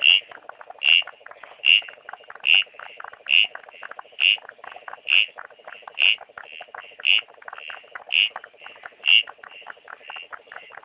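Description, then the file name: Dusky gungan giving brief, high squelching calls roughly every second, steady and repeated, with a softer rapid clicking chorus underneath. Numerous at one site; recorded on a Wednesday during frog monitoring at Maleny Precinct sites, after about 700 mm of rain. "uperoleia fusca"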